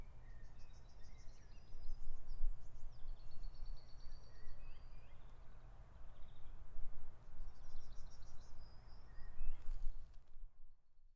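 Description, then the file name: Birds calling with bursts of high buzzy trills and scattered chirps, repeated several times against constant low background rumble, ending abruptly. "HPecha M birds"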